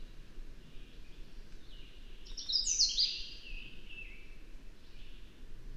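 Bird song: a single bright, high, descending warbled phrase in the middle, with faint notes around it, over constant background noise.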